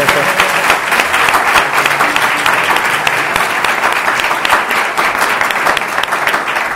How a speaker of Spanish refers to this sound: Y bueno, pues aprovecho también, pues podéis hacerle con un aplauso si queréis.